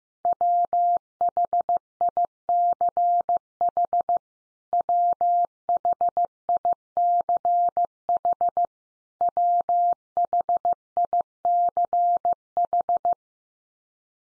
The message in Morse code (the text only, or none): WHICH WHICH WHICH